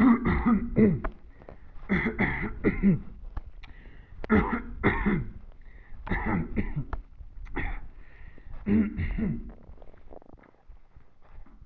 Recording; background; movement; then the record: throat clearing; quiet; sitting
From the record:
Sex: male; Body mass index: 21.0 kg/m2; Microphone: on the chest, facing the body